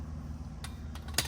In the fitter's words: There we go. So whenever you hear a click, it hits the correct foot-pounds, correct torque.